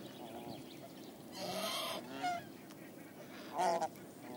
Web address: BBC. swan geese calls